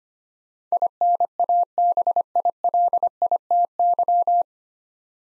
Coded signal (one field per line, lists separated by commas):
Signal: Morse code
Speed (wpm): 25 wpm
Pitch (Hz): 700 Hz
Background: none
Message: INABILITY